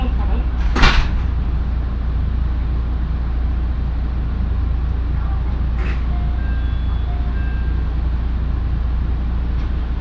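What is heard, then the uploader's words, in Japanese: A local train on the Minobu Line rumbles steadily from Shibakawa toward Minobu, with a deep constant hum underneath. A sharp bright clatter stands out near the first second and a softer one near six seconds. Faint short tones and murmurs drift through the later part. 身延線普通 芝川→身延。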